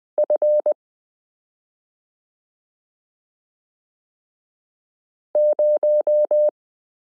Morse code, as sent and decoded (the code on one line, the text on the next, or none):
..-. / -----
F 0